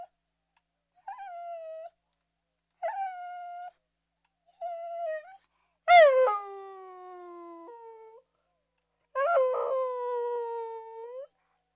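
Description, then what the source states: Dog whimpering: three short, soft whines at even intervals, then two louder, longer cries that jump up sharply and slide down into held tones. Medium-sized dog whining.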